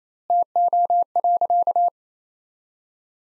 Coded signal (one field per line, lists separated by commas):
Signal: Morse code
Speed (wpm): 28 wpm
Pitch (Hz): 700 Hz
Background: none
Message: TO.